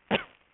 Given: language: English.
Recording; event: throat vibration sensor signal played as sound; cough